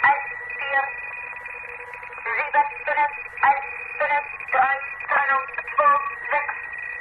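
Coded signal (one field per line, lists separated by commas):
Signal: numbers station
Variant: Gong Station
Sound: short, evenly spaced spoken syllables over narrow-band radio with a faint steady whine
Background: radio static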